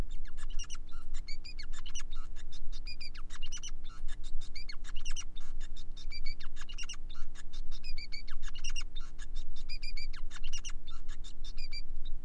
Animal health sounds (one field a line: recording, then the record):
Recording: song of a male Bengalese finch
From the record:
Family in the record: son of father 5